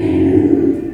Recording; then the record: squeal of a Yucatan mini pig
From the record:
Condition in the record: before surgery on the right vocal fold (resection and tissue-engineered implant); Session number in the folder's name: 1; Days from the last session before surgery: -21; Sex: female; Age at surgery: 19 weeks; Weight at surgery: 25 kg